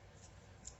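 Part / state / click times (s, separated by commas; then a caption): magnet-backed pin into its holder / seated / 0.7 s. An Audi pin backed by a rare earth magnet, fixed on with a dab of hot glue, is pushed into its holder against a low, steady background hum. A single sharp snap at 0.7 s marks the magnet pulling the pin into place, and it is seated.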